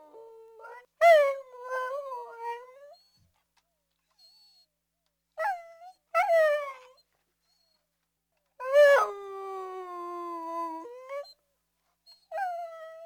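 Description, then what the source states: Dog whines in a string of separate bursts, some short and wavering, one long and sliding down before holding steady, with quiet pauses between them. Medium-sized dog whining.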